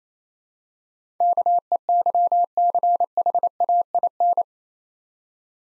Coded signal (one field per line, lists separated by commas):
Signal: Morse code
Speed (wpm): 27 wpm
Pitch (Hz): 700 Hz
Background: none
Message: KEYCHAIN